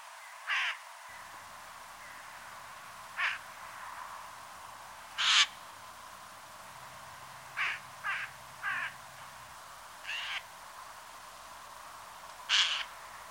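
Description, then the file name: Eurasian jay uttering about eight harsh, scratchy screeches at irregular intervals, some loud and some softer, with a few coming in a quick cluster midway. "Garrulus glandarius"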